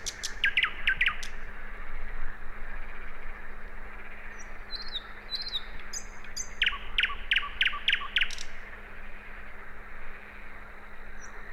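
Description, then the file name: Common nightingale opening with a loud rattling burst, then quieter whistled notes and a later run of repeated notes; steady low hum in the background. "Luscinia megarhynchos"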